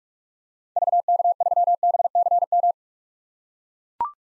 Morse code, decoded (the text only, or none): VK3BCM